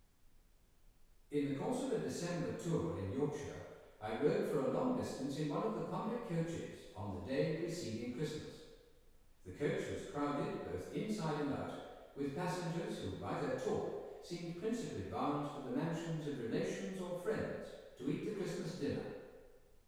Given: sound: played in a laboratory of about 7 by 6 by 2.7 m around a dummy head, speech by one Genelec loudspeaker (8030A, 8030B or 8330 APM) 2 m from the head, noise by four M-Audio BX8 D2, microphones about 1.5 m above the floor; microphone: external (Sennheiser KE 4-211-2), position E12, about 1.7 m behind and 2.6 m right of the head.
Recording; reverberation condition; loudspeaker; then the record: male speech in English; high; 30 degrees to the right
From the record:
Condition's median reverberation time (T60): about 1300 ms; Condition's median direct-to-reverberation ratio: about -4.0 dB